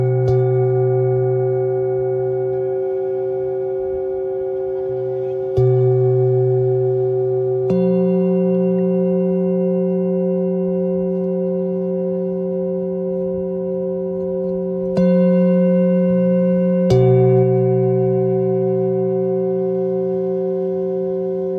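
A singing bowl rings with a steady, layered hum, struck again about every two to eight seconds, its low drone shifting pitch between strikes.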